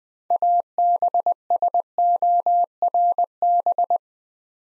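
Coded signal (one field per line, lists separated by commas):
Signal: Morse code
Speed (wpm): 20 wpm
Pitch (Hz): 700 Hz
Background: none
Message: ABSORB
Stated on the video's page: Morse word-building drill at 20 wpm: 6-letter words sent three letters at a time.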